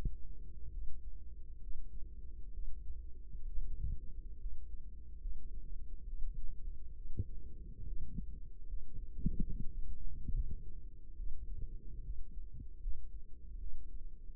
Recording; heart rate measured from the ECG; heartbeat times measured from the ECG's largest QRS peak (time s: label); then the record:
heart sounds by microphone in the right ear; 70 bpm
0.70 s: heartbeat
1.59 s: heartbeat
2.51 s: heartbeat
3.45 s: heartbeat
4.37 s: heartbeat
5.19 s: heartbeat
6.05 s: heartbeat
6.94 s: heartbeat
7.84 s: heartbeat
8.65 s: heartbeat
9.48 s: heartbeat
10.31 s: heartbeat
11.15 s: heartbeat
12.01 s: heartbeat
12.79 s: heartbeat
13.58 s: heartbeat
From the record:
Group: healthy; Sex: male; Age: 35 years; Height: 178 cm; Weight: 64 kg